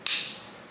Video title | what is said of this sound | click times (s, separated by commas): How to Install Yakima Baseline Towers with HD Bars | click and click okay | 0.1 s